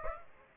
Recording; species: mosquito wingbeat signal from an infrared sensor; Aedes aegypti